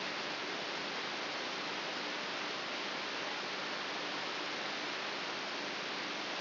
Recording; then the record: brain microelectrode recording played as sound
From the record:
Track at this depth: inside the subthalamic nucleus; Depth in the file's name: 3.04 mm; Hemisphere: right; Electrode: 3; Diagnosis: Parkinson's disease